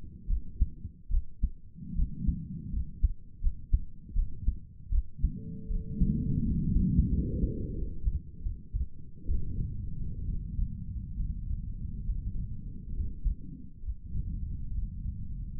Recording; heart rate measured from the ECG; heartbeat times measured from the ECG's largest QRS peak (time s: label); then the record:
heart sounds by stethoscope; 75 bpm
0.28 s: heartbeat
1.10 s: heartbeat
1.95 s: heartbeat
2.71 s: heartbeat
3.41 s: heartbeat
4.15 s: heartbeat
4.91 s: heartbeat
5.69 s: heartbeat
6.44 s: heartbeat
7.10 s: heartbeat
7.75 s: heartbeat
8.43 s: heartbeat
9.26 s: heartbeat
10.26 s: heartbeat
11.17 s: heartbeat
12.06 s: heartbeat
12.94 s: heartbeat
13.82 s: heartbeat
14.71 s: heartbeat
15.56 s: heartbeat
From the record:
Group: healthy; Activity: rest 0-7 s, Valsalva maneuver 7-16 s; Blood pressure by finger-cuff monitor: 91/53 mmHg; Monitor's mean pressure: 67 mmHg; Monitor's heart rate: 73 bpm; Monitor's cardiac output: 6.7 L/min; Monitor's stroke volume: 84 mL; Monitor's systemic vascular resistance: 650 dyn s/cm5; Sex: female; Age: 22 years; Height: 163 cm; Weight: 67.1 kg